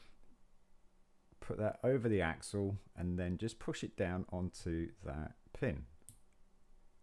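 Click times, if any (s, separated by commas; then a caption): 6.1 s. A plastic LEGO connector piece, shaped like a handle with eye holes, is placed over an axle and pushed down onto a pin while building the Creator 3-in-1 Top Fuel Dragster, set 31135, model C. Someone talks throughout, and a short, sharp click is heard at 6.1 s as the piece seats onto the pin.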